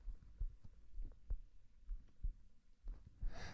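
Steady, muffled low thumps come in paired beats, about 65 a minute, with an even rhythm. It is an adult's heartbeat picked up with a microphone held on the chest at the heart position, through clothing. It is fairly quiet and calm. A brief rustle of fabric is heard near the end.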